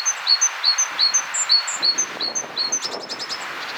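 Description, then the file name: Great tit: high two-note phrases repeated quickly and steadily, then a brief burst of dry, rapid ticks. "Parus major"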